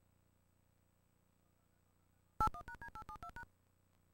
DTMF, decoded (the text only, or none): 81#D872#